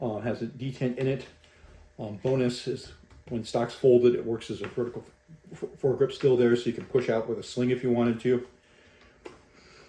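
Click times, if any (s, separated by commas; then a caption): 9.3 s. Someone talks while the folding stock of a B&T TP-9N PDW is swung closed until it latches against the side of the foregrip. A short click is heard at 9.3 s as the stock seats into its latch on the foregrip.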